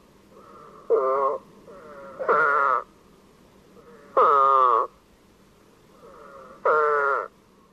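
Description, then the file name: Eastern spadefoot chorus of buzzy, moaning calls under a second long, about four loud ones spaced a couple of seconds apart, with weaker answering calls between them. "Eastern Spadefoot (Wild America)"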